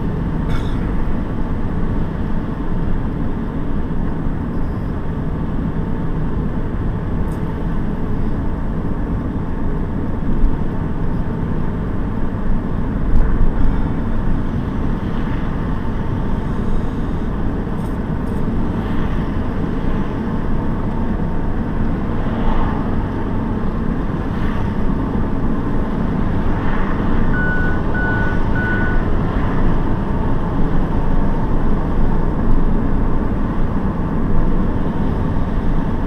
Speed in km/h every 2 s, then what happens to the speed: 51, 49, 50, 51, 50, 53, 53, 54, 55, 56, 57, 58, 61, 67, 69, 69, 68, 63.
0-21 steady at about 53. 21-28 speeds up to 69. 28-36 steady at about 68.